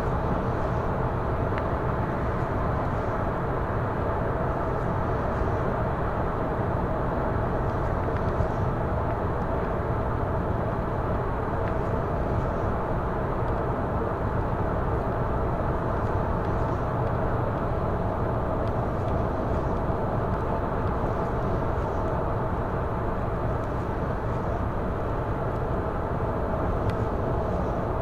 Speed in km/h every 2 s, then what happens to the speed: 117, 116, 116, 116, 116, 116, 116, 116, 115, 115, 115, 115, 116, 116.
0-28 steady at about 116.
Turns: none.